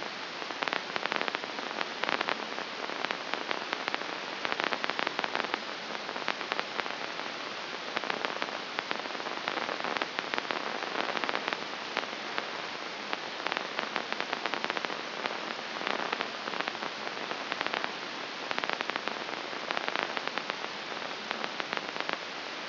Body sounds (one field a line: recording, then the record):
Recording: brain microelectrode recording played as sound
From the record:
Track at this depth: inside the subthalamic nucleus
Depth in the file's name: 1.835 mm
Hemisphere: left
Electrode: 2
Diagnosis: Parkinson's disease